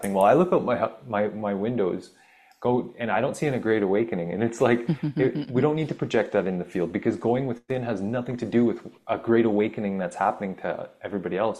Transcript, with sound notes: Well, I look out my h- my, my windows go, and I don't see any great awakening, and it's like-
(laughs)
... we don't need to project that in the field, because going within has nothing to do with a great awakening that's happening to everybody else.